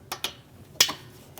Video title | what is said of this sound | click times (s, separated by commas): How to Replace AC Condenser & Receiver Drier Assembly 2016-2025 Chevrolet Malibu 1.5L L4 | Push until you hear that click. | 0.8 s